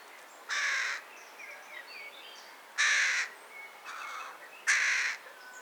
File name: Corvus corone